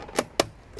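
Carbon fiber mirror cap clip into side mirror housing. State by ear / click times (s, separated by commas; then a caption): seated / 0.4 s. A carbon fiber mirror cover for a 10th gen Civic is lined up on its three clips, starting from the window side, and pressed into the side mirror housing. A short tap at 0.2 s is followed by a sharper, louder click at 0.4 s, then a faint tick near the end. The cover snaps in and is seated at 0.4 s.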